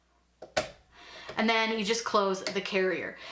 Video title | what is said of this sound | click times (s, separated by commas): Easy Valentine coloring cards with the Cricut pen | carrier, or the little carriage here, and then I just press down until it clicks. | 0.6 s